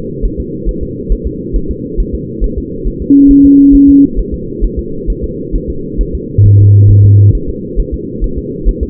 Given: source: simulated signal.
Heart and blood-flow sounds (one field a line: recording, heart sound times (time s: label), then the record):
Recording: fetal heart sounds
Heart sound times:
0.25 s: S1
0.40 s: S2
0.69 s: S1
0.83 s: S2
1.12 s: S1
1.27 s: S2
1.56 s: S1
1.71 s: S2
2.00 s: S1
2.15 s: S2
2.44 s: S1
2.58 s: S2
2.87 s: S1
3.02 s: S2
3.31 s: S1
3.45 s: S2
3.75 s: S1
3.89 s: S2
4.19 s: S1
4.34 s: S2
4.64 s: S1
4.79 s: S2
5.10 s: S1
5.24 s: S2
5.55 s: S1
5.70 s: S2
6.01 s: S1
6.15 s: S2
6.46 s: S1
6.60 s: S2
6.91 s: S1
7.05 s: S2
7.35 s: S1
7.49 s: S2
7.80 s: S1
7.94 s: S2
8.24 s: S1
8.38 s: S2
8.69 s: S1
8.83 s: S2
From the record:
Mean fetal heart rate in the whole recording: 135 bpm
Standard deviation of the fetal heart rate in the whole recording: 3 bpm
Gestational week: 36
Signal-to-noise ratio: -6.6 dB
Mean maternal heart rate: 72 bpm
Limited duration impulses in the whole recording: present